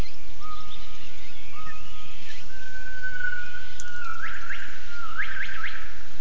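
Gibbon calling with long steady whistled notes, each held level, then ending in quick rising whoops near the close.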